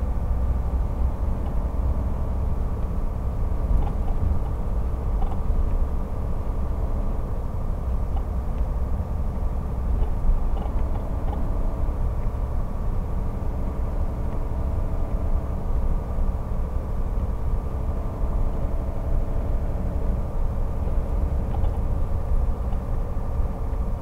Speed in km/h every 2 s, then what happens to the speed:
50, 52, 51, 51, 51, 51, 51, 52, 52, 52, 52, 52.
0-24 steady at about 51.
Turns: none.